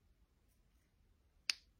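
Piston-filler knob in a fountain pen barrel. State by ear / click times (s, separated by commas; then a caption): seated / 1.5 s. The piston-filler knob in a fountain pen barrel is screwed back until the piston reaches the end of its travel, giving a single small, sharp click at 1.5 s against an otherwise quiet background. The click means the piston has arrived and the pen can be closed.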